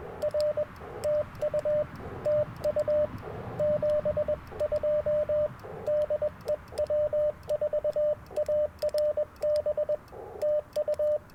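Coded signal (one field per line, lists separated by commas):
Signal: Morse code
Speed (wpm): 19 wpm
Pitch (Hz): 590 Hz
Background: radio noise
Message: R TU TU 72 DE W4ARB TU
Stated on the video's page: QRP CW Parks on the Air activation on 40 m and 30 m, using an Icom IC-705, magnetic loop antenna and paddles.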